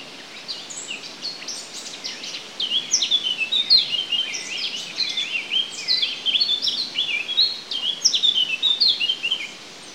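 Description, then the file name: Eurasian blackcap singing: a rapid, varied warble of high twittering notes that grows louder midway, over steady background hiss. "Sylvia atricapilla"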